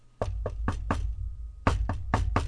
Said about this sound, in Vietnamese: Không bao lâu sau liền có người gõ cửa. Tôi ra xem thì không thấy người nào. Không thèm quan tâm nữa. Gõ một hồi rồi sẽ yên lặng thôi. Thế nhưng hôm nay tiếng gõ cửa hình như rất mạnh.